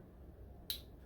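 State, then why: Seated. A battery cable plug is pushed into its socket on a Kestrel weather data logger until it clicks. Over a quiet low background, a single sharp, bright snap sounds at 0.7 s, and the connector is seated.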